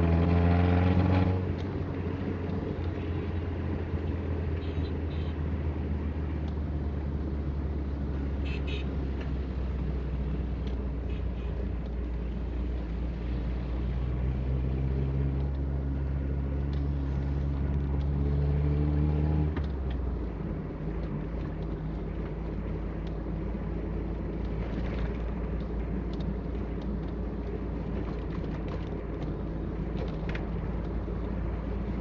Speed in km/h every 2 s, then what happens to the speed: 39, 35, 32, 30, 26, 26, 30, 31, 33, 34, 36, 38, 37, 36, 37, 39.
0-8 slows to 26. 8-22 speeds up to 38. 22-32 steady at about 37.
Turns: none.